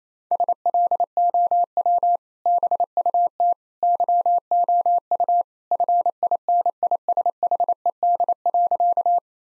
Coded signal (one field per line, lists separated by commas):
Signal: Morse code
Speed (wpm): 28 wpm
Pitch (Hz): 700 Hz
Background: none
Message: SLOW BUT YOU FINISHED.